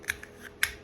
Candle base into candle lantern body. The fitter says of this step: little half turn locks into place now at this point you can either light the candle right now